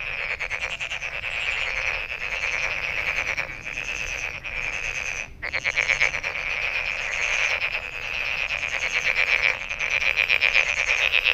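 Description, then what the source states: Frogs calling together in a dense, steady chorus of rapid pulsed trills, the calls overlapping continuously with one brief gap near the middle. Recorded 23 May 2008.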